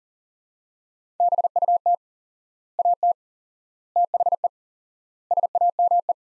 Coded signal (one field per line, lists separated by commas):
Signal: Morse code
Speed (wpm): 37 wpm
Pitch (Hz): 700 Hz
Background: none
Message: BUT AT THE SAME